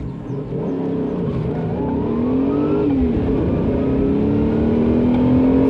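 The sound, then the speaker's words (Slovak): A new eight-cylinder Bugatti car engine revs up and runs steadily, its droning pitch climbing in stages and dipping briefly before rising again, loud and continuous with no talking. “Vrčí, tak má jazdiť nová 8-valcová Bugatka.”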